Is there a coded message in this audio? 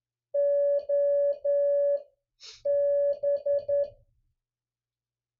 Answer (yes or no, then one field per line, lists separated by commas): yes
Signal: Morse code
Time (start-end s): 0.3-3.8 s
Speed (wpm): 11 wpm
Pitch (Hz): 570 Hz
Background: none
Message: OB